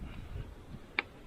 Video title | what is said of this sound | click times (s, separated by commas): Enduristan Monsoon Evo panniers trial run - Ride Far & Wide | they click in | 1.0 s